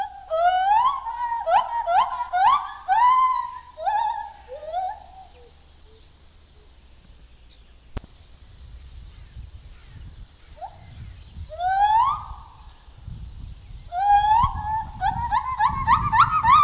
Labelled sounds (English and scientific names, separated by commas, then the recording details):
Lar Gibbon (Hylobates lar) call
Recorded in captivity
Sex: male
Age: adult
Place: Zoo Berlin, Berlin, DE
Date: 2000-12-12 13:30
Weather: bedeckt, 12°C
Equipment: Nagra SN, Kopie Uher 4000 Report Monitor
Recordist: Tembrock, Günter